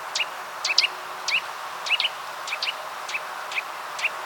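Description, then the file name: Eurasian nuthatch calling with short, sharp, downslurred notes, singles and pairs, about two per second, with faint hiss behind. "Sitta europaea"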